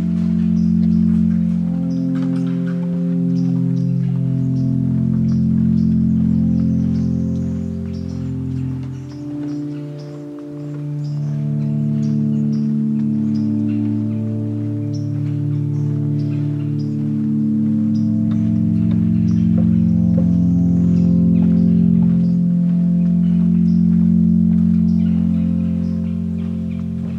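Lettuce Lakes in the bald cypress grove of Corkscrew Swamp: a low, steady hum of overlapping tones that slowly shift in pitch, ringing almost like a bowl. It eases briefly near ten seconds, while faint scattered ticks sound above.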